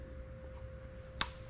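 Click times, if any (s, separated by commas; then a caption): 1.2 s. A plastic OEM wiring-harness plug is hooked onto the VVTi solenoid connector on a 1.5JZ engine in an E46 M3 build, over a low steady hum. A single sharp click at 1.2 s shows the connector seating in place.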